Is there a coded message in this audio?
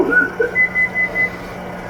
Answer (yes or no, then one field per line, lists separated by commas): no